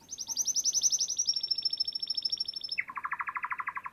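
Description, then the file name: Canary song with a rapid high trill dropping into a lower rolling buzzy trill, faint background hiss. Canary song used for training other birds (masteran). "Suara Burung Kenari untuk Masteran"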